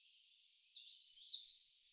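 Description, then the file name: Eurasian wren song fragment: high thin notes quickly building into a loud, sustained shrill trill at the end. "Troglodytes troglodytes"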